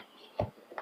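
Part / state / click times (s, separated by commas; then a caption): charger plug into electric scooter charging port / not seated / none. A charger plug is handled at the charging port of a Polytron Fox R electric scooter. A short, sharp contact sound comes at about 0.4 s and a softer, longer one at about 0.8 s. Nothing has seated or clicked into place yet.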